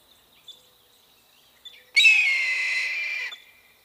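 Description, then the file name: Red-tailed hawk giving a single harsh, hoarse scream lasting over a second, with faint chirps before it. "Red-tailed Hawk - Buteo jamaicensis"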